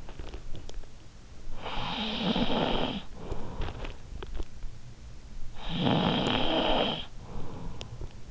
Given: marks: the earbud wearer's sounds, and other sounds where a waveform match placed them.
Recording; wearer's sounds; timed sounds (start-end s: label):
sounds in sleep by an in-ear microphone; snoring breath
1.53-3.96 s: snoring breath
5.45-8.30 s: snoring breath